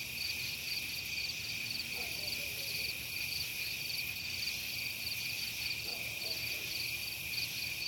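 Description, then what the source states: Insects chorusing at night: continuous high, shimmering trills in several steady layers, with faint pulsing and no break throughout. Night ambience in a residential subdivision.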